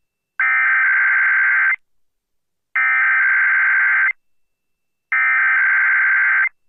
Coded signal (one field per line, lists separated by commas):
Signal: Emergency Alert System (SAME) tones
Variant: header bursts